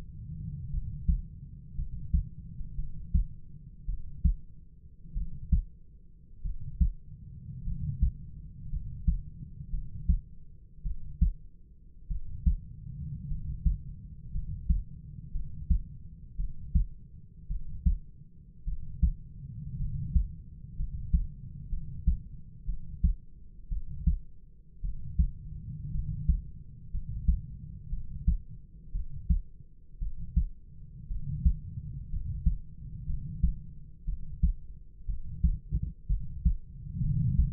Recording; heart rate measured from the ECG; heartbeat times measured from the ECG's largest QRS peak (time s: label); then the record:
heart sounds by stethoscope; 56 bpm
0.71 s: heartbeat
1.75 s: heartbeat
2.76 s: heartbeat
3.86 s: heartbeat
5.14 s: heartbeat
6.42 s: heartbeat
7.64 s: heartbeat
8.70 s: heartbeat
9.70 s: heartbeat
10.83 s: heartbeat
12.08 s: heartbeat
13.28 s: heartbeat
14.32 s: heartbeat
15.32 s: heartbeat
16.37 s: heartbeat
17.48 s: heartbeat
18.65 s: heartbeat
19.78 s: heartbeat
20.76 s: heartbeat
21.70 s: heartbeat
22.66 s: heartbeat
23.69 s: heartbeat
24.81 s: heartbeat
25.92 s: heartbeat
26.91 s: heartbeat
27.90 s: heartbeat
28.92 s: heartbeat
29.99 s: heartbeat
31.08 s: heartbeat
32.10 s: heartbeat
33.06 s: heartbeat
34.05 s: heartbeat
35.06 s: heartbeat
36.08 s: heartbeat
37.02 s: heartbeat
From the record:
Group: healthy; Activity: rest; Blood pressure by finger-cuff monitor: 103/50 mmHg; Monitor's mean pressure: 63 mmHg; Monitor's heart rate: 56 bpm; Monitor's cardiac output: 5.1 L/min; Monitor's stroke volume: 94 mL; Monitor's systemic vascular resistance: 870 dyn s/cm5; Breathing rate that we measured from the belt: 10 breaths a minute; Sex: male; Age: 25 years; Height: 170 cm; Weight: 70.4 kg